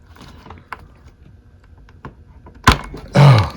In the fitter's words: there we go did you hear it pop it pops right out so